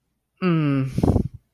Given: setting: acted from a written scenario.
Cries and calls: vocal sound without words; embarrassment

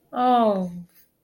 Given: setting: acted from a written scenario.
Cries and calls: vocal sound without words; embarrassment

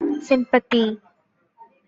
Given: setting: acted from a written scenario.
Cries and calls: vocal sound without words; sympathy

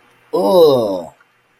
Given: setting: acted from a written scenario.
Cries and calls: vocal sound without words; disgust

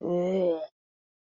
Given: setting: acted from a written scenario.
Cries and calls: vocal sound without words; disgust

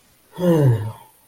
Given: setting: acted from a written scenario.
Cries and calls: vocal sound without words; shame

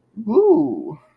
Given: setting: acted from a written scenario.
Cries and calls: vocal sound without words; interest

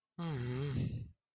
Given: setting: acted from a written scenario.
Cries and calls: vocal sound without words; adoration

